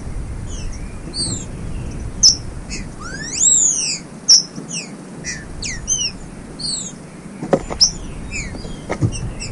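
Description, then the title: Green-winged saltator song: slurred whistled notes, some arching up then down, among scattered high chirps over a low rumbling background. Song style described as 'macheando' (male-type singing), said to strongly excite other birds ('esquenta muito'). "Canto De Trinca Ferro. TRINCA FERRO MACHEANDO, ESQUENTA MUITO"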